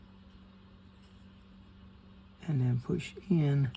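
A reel part is lined up on the flat spots of the flatted shaft of a Sears 6.41242 trolling reel, ready to be pushed in. A low steady hum runs throughout, and someone talks from about 2.4 s. The part has not seated or clicked yet.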